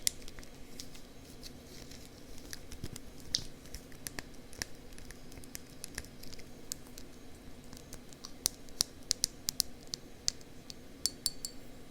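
Ear tapping and scratching: a steady low rustle runs underneath while sharp, bright taps and clicks land irregularly, several per second at times. The taps grow denser and crisper toward the end, with a few glassy ticks among the softer scratchy strokes.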